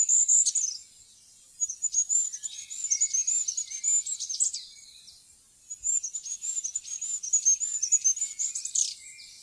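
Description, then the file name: Goldcrest song: very high, thin, rapidly repeated notes in a wavering cycle, delivered in bursts separated by short pauses. "fuglekonge"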